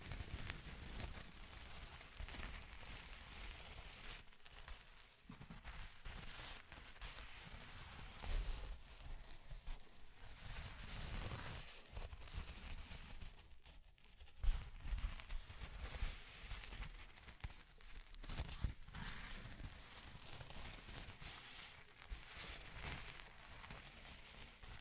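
Scratching and tracing sounds run almost without pause, a dry, gritty rasp spread from low rumble up to bright hiss. The strokes come in dense, irregular bursts with brief gaps near 5, 14 and 19 seconds, and one sharper scrape stands out around 14 seconds.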